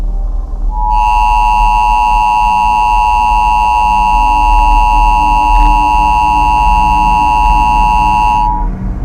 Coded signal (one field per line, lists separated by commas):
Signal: Emergency Alert System (SAME) tones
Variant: 853 and 960 Hz attention tone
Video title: NK-USA Nuclear War [EAS Scenario] {Old}